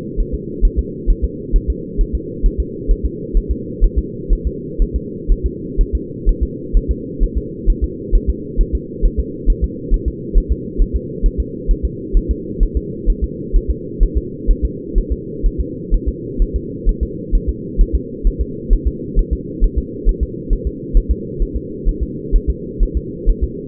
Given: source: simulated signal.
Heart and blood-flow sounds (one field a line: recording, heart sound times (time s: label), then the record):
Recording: fetal heart sounds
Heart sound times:
0.20 s: S1
0.34 s: S2
0.65 s: S1
0.79 s: S2
1.10 s: S1
1.25 s: S2
1.56 s: S1
1.70 s: S2
2.01 s: S1
2.15 s: S2
2.46 s: S1
2.60 s: S2
2.91 s: S1
3.05 s: S2
3.37 s: S1
3.51 s: S2
3.84 s: S1
3.98 s: S2
4.33 s: S1
4.47 s: S2
4.82 s: S1
4.96 s: S2
5.32 s: S1
5.46 s: S2
5.81 s: S1
5.95 s: S2
6.29 s: S1
6.43 s: S2
6.77 s: S1
6.91 s: S2
7.23 s: S1
7.38 s: S2
7.70 s: S1
7.84 s: S2
8.15 s: S1
8.29 s: S2
8.61 s: S1
8.75 s: S2
9.06 s: S1
9.20 s: S2
9.50 s: S1
9.64 s: S2
9.94 s: S1
10.08 s: S2
10.38 s: S1
10.52 s: S2
10.81 s: S1
10.96 s: S2
11.26 s: S1
11.40 s: S2
11.71 s: S1
11.85 s: S2
12.17 s: S1
12.31 s: S2
12.63 s: S1
12.77 s: S2
13.10 s: S1
13.24 s: S2
13.56 s: S1
13.70 s: S2
14.03 s: S1
14.17 s: S2
14.51 s: S1
14.65 s: S2
14.98 s: S1
15.12 s: S2
15.46 s: S1
15.60 s: S2
15.94 s: S1
16.08 s: S2
16.42 s: S1
16.56 s: S2
16.89 s: S1
17.03 s: S2
17.35 s: S1
17.49 s: S2
17.81 s: S1
17.95 s: S2
18.27 s: S1
18.41 s: S2
18.73 s: S1
18.87 s: S2
19.19 s: S1
19.33 s: S2
19.64 s: S1
19.78 s: S2
20.09 s: S1
20.23 s: S2
20.53 s: S1
20.67 s: S2
20.97 s: S1
21.11 s: S2
21.42 s: S1
21.56 s: S2
21.88 s: S1
22.03 s: S2
22.35 s: S1
22.50 s: S2
22.83 s: S1
22.97 s: S2
23.29 s: S1
23.44 s: S2
From the record:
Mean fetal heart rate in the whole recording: 130 bpm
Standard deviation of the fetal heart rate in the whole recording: 4 bpm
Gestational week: 38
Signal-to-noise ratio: -4.1 dB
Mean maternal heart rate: no maternal heart sound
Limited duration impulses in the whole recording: absent